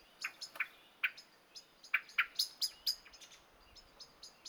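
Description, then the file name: Common blackbird calls: a fast, uneven run of sharp ticking notes, some louder and some softer, over about four seconds. "Turdus merula"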